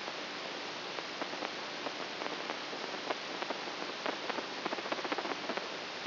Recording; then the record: brain microelectrode recording played as sound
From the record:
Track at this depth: outside the subthalamic nucleus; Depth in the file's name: 15 mm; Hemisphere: right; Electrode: 3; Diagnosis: Parkinson's disease